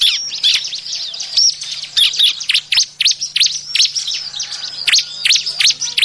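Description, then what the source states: Bar-winged prinia calling busily, a steady stream of high, sharp chirps and slurred notes overlapping in quick succession throughout. Effective lure call used to attract the bird; described as noisy, excited calling.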